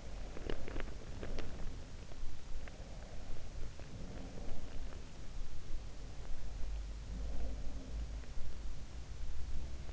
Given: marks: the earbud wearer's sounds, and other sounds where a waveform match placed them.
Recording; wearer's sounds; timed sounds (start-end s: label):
sounds in sleep by an in-ear microphone; teeth grinding
0.00-1.74 s: teeth grinding